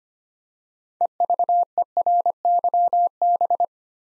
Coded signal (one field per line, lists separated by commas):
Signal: Morse code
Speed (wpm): 25 wpm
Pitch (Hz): 700 Hz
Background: none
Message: EVERYB